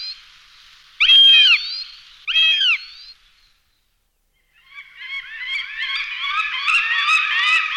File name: jestřáb-lesní